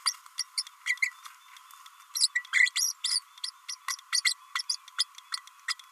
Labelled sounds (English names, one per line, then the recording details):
Green-rumped Parrotlet babbling
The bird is a female
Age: 30 days
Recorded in a nest box in Venezuela
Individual 17B32A5